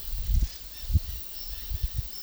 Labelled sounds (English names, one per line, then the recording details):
Dusky-headed Parakeet
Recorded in secondary vegetation near Puerto Asís, Putumayo, Colombia, on 21 February 2024 at 10:30
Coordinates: 0.500, -76.326
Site G6428